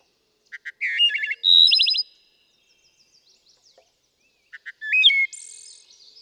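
Wood thrush song: soft opening notes, a fluty phrase and a bright buzzy trill, then after a pause another phrase with a rising whistle and high trill.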